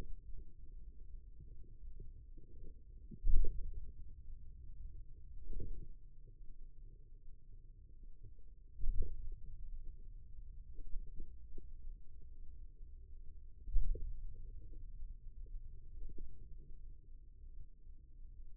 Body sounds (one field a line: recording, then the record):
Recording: forearm muscle sounds (acoustic myography)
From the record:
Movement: hand opening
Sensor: system 2, bracelet of six BSWA MPA416 microphones around the upper forearm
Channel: 3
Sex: male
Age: 22 years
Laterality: right